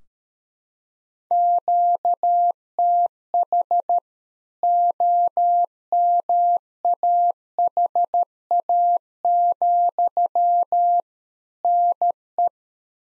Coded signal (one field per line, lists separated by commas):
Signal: Morse code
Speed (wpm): 13 wpm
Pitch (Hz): 700 Hz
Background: none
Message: QTH OMAHA, NE